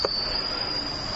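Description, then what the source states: Bell cricket song, a thin high ringing trill running steadily, opening with a brief soft knock, over low background hum. Bell cricket recorded with morning glories on 29 August 2015.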